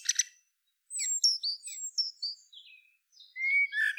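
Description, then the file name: Common blackbird: a brief chattery burst, then a stretch of thin high whistles and twitters, ending with a lower mellow whistled note. "Turdus merula"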